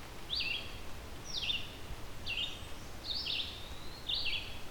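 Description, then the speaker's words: Red-eyed Vireo song, short slurred whistled phrases dropping in pitch, repeated about once a second with brief pauses, over a faint low background hiss. Song likened to 'vireo, vireo' over and over; near-constant background song in almost any forest with a canopy in this region; sings all day without many breaks. "I always remember this one by thinking that it's kind of saying vireo, vireo, vireo over and over again."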